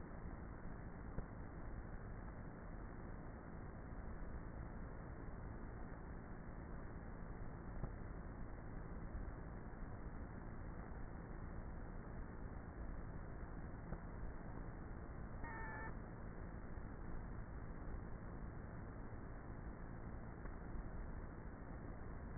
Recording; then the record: honeybee colony, microphone inside the hive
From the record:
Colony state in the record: queenless with a low population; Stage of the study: before two queens were removed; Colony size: about 30,000 bees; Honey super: no